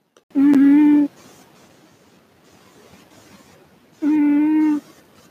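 Two squeaky, whining snore sounds from a pet cat, each under a second, come about four seconds apart with quiet breathing between them. The sleeping cat's snoring has a tonal, whistling quality rather than a rattle.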